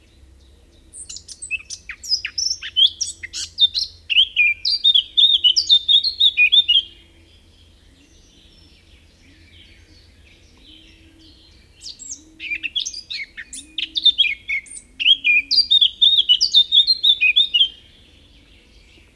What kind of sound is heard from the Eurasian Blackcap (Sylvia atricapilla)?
song